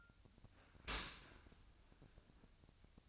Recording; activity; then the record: daily activity, microphone in the room; open dishwasher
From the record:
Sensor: 2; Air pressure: 1003.0 hPa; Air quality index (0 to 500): 197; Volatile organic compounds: 6 ppm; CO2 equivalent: 1875 ppm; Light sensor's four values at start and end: 15/35/15/16 and 15/35/15/16